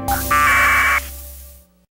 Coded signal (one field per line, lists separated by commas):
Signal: packet radio (AX.25, as in APRS)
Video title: Decoding APRS